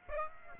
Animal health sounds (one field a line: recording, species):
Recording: mosquito wingbeat signal from an infrared sensor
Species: Aedes aegypti